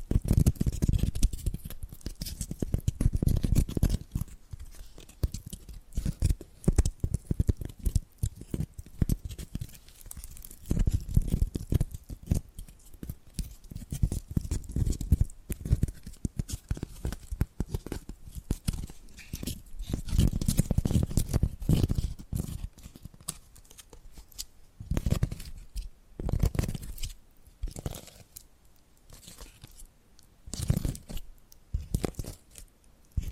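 Hypnotic tapping and scratching in quick, irregular bursts runs through the whole 33 seconds, with dense clusters of sharp taps and rough, papery scraping. The sounds come in uneven waves, heavier around 3, 11, 20 and 26 seconds, with brief near-silent gaps between.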